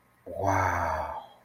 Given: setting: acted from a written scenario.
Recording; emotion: vocal sound without words; awe